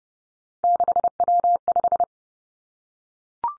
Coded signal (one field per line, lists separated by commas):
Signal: Morse code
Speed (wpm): 30 wpm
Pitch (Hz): 700 Hz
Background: none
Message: 6W5